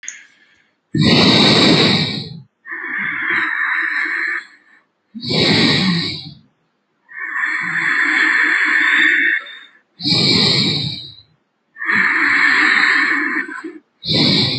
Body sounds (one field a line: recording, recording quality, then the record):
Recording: deep breathing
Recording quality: excellent, no background noise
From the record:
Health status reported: healthy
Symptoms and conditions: none ticked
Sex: female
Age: 35 years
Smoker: not ticked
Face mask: not worn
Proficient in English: yes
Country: India